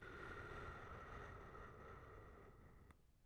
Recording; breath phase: one breath near a microphone; exhalation